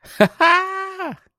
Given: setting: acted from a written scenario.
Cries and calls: vocal sound without words; elation

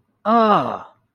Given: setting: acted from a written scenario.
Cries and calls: vocal sound without words; disgust

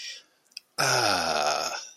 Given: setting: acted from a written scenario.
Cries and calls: vocal sound without words; contentment

